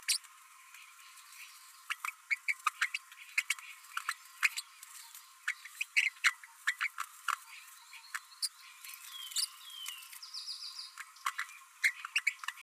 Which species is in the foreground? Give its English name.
Green-rumped Parrotlet